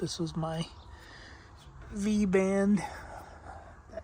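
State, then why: Stripped. Someone talks while working on the metal V-band clamp on the intake tube of a first-gen Banks Power intake horn fitted to a 4th Gen Cummins with a Ford 7.3 intake heater. A short, sharp sound comes at 4.0 s as the V-band clamp fastener strips.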